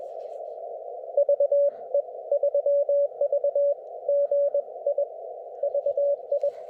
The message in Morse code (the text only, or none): VE3VGI VI